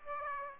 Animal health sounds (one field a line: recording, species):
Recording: mosquito wingbeat signal from an infrared sensor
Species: Aedes aegypti